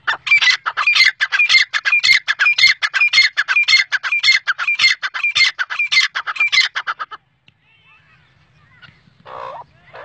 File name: Teetar Ki